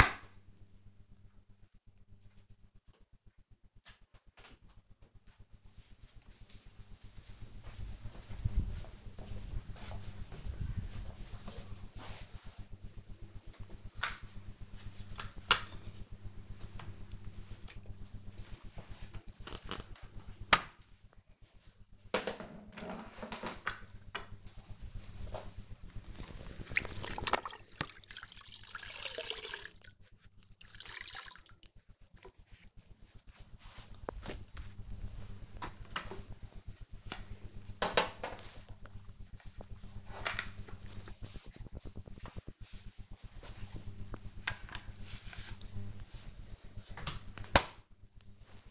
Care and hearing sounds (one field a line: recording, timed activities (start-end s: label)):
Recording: household activities, microphone on the right wrist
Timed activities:
12.79-48.71 s: floor cleaning